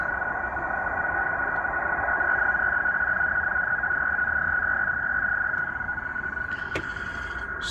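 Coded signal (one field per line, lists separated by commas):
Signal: NAVTEX (SITOR-B)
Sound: fast warbling two-tone chatter near 1.5 kHz buried in hiss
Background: radio static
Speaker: so this is uh iqaluit nunavut canada this is in the uh northern territories of canada and it's the weather broadcast that was that's i'm hearing tonight on the texan h51x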